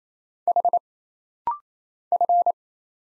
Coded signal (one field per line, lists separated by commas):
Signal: Morse code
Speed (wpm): 27 wpm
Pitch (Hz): 700 Hz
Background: none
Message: H F